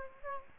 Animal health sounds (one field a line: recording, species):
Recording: mosquito wingbeat signal from an infrared sensor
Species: Aedes aegypti